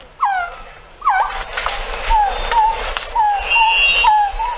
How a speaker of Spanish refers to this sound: ¿Por qué Canora? Por estas aves que están escuchando ustedes. Esta es la voz del Quetzal